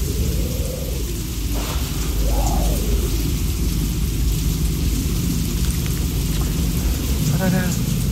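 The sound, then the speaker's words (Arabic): Steady, heavy rain hisses throughout while a deep, rolling thunder rumble fills the low end, with a few brief tonal swells rising over the storm. “شوية اشوفهم وشوية لما يجي برق ورعد صورتهم تبان اكتر، وشوية يختفوا ولاقي الجثث مرمية تاني في الارض زي ما هي وكأنهم متحركوش خالص.”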